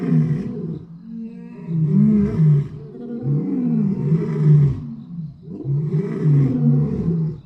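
Lion giving a run of low, throaty roars and grunts, repeated roughly every couple of seconds with only brief gaps.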